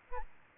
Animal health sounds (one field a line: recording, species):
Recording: mosquito wingbeat signal from an infrared sensor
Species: Aedes albopictus